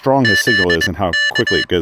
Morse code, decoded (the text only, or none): ZK